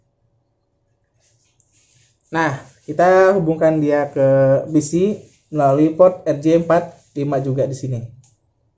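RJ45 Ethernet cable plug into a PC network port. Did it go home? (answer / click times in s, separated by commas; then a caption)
no / none. An RJ45 Ethernet plug on the cable from the router is being handled at a PC's network port, while someone talks throughout. Nothing has seated or clicked yet; the clip ends before the plug latches into the port.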